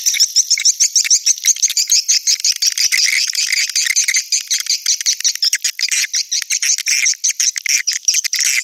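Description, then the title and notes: Swiftlet calls as a busy stream of sharp high chirps, pulsing quickly across the whole passage. Swiftlet sound from swiftlet farming in Asia. "Swiflet Bird Sound. Farming Swiflet Bird asia sound"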